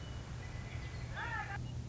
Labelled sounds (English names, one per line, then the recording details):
Western Meadowlark
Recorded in Sonoma County, California